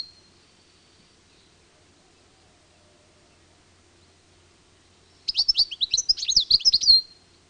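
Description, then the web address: European goldfinch singing one quick jangling phrase of liquid twitters late after a long quiet stretch. "Madarak Tengelic"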